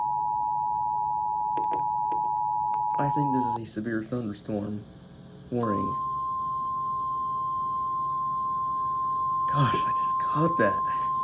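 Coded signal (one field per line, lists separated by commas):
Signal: Emergency Alert System (SAME) tones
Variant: 853 and 960 Hz attention tone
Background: speech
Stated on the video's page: Severe thunderstorm warning on an FM radio station.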